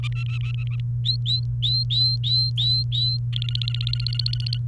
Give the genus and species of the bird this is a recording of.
Serinus canaria